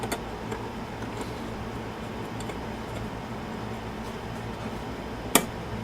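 A sharpened blade's black retainer ring is pushed in between the spring and the stop in a hand planer's cutter drum, one side after the other, over a steady low hum with a faint tick near the start. A sharp snap at 5.4 s marks the ring seating, and both sides are confirmed set.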